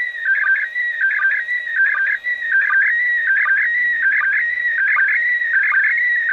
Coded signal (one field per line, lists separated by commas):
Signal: SSTV (slow-scan television)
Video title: ISS International Space Station Listen SSTV